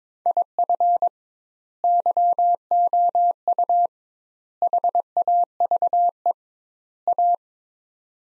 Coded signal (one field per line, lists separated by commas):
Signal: Morse code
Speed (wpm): 22 wpm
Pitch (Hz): 700 Hz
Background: none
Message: IF YOU HAVE A